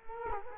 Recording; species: mosquito wingbeat signal from an infrared sensor; Culex quinquefasciatus